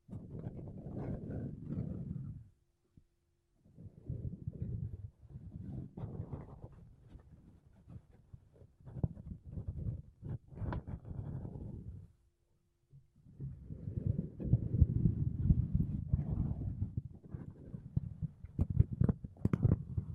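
Makeup brushes and a sponge sweep over a microphone in soft, low, scratchy bursts, each lasting a few seconds. Brief silent gaps fall near 2.5 and 12.5 seconds. The final stretch is denser and louder, with quick crackly flicks on top of the rustle.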